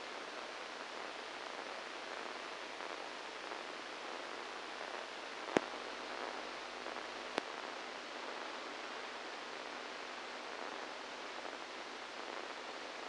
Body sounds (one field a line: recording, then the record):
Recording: brain microelectrode recording played as sound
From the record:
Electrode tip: inside the subthalamic nucleus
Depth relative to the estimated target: -1 mm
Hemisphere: right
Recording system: NeuroSet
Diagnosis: Parkinson's disease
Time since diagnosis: 7 years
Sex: male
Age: 69 years